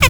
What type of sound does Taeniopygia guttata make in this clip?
stack call